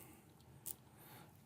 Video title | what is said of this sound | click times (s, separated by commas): GoPro Hero 7 Black Vlog Setup | that is locked back there and it's nice and clean | 0.7 s